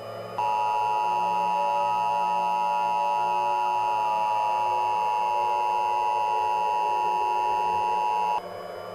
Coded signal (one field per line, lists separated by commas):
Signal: Emergency Alert System (SAME) tones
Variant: 853 and 960 Hz attention tone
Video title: Texas EAS Alarm (MOCK)